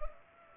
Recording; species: mosquito wingbeat signal from an infrared sensor; Culex pipiens